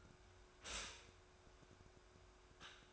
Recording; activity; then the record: daily activity, microphone in the room; stop toaster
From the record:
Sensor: 2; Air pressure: 1014.6 hPa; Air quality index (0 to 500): 202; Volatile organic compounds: 22 ppm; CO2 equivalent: 2766 ppm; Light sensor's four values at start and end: 3/9/3/3 and 3/9/3/3